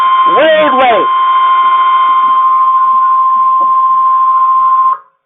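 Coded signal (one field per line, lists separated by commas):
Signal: Emergency Alert System (SAME) tones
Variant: 1050 Hz attention tone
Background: speech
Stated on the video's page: Series of alerts issued by a weather service office.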